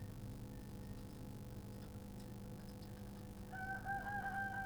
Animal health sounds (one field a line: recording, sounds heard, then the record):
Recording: poultry house recording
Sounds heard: healthy chickens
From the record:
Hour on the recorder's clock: 11